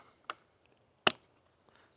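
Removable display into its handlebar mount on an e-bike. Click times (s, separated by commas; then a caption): 1.1 s. The removable handlebar display with gold contact pins on a Mokwheel Obsidian ST 2.0 e-bike is pressed back onto its plastic mount. A fainter click comes at 0.3 s, then a sharp snap at 1.1 s as the display latches and seats in place.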